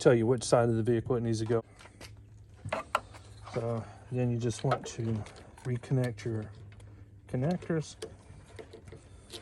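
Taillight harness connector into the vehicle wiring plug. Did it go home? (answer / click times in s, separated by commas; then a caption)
no / none. Someone talks while handling the plastic wiring connector of a new AUDEXEN taillight assembly on a Jeep JK, bringing it to the vehicle's wiring harness plug, with a few brief handling sounds in between. The clip ends before the connector goes home; nothing has seated or clicked yet.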